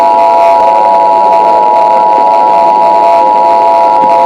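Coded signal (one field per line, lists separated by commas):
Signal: Emergency Alert System (SAME) tones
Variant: 853 and 960 Hz attention tone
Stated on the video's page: Fictional EAS scenario (simulated) about a Roblox Slender outbreak.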